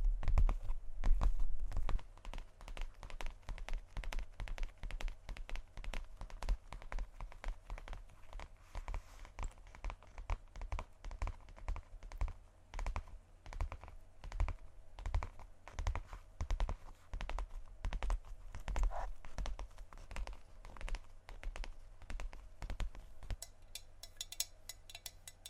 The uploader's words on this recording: ASMR Tapping On Random Objects.